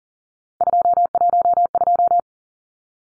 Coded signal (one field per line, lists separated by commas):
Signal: Morse code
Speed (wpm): 38 wpm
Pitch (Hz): 700 Hz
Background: none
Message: 212